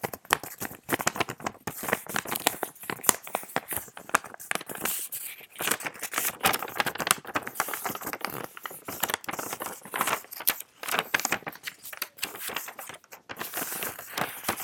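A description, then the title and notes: A sheet of paper is handled, crinkling and rustling in quick, uneven bursts with short pauses between them. The sound is bright and crackly, with sharp little snaps scattered through the fifteen seconds. Sheet of paper.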